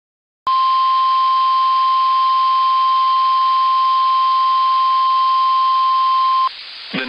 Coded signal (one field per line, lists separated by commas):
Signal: Emergency Alert System (SAME) tones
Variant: 1050 Hz attention tone